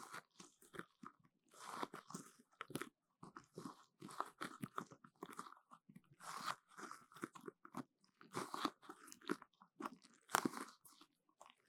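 Sticky sounds come as a string of short, crackling bursts with a wet, crunchy texture, each lasting a fraction of a second with brief silences between. They recur irregularly, about once a second, reaching bright and fairly loud, with the sharpest burst near the ten-second mark.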